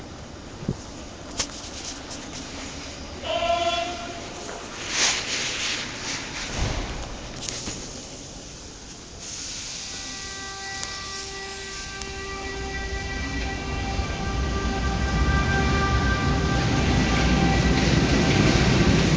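A train rattles along on its winter run from Verona Porta Nuova toward Milan. The first half brings scattered knocks, clatters and a brief whining tone, then from about ten seconds a steady high whine and rumble build and grow louder to the end.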